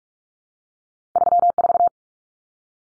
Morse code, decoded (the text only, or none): 34